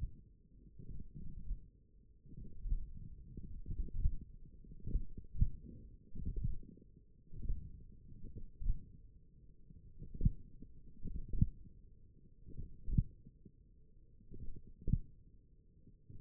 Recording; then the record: forearm muscle sounds (acoustic myography)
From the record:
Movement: tripod grip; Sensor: system 1, eight BSWA MPA416 microphones around the upper forearm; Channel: 4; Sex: male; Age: 42 years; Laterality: right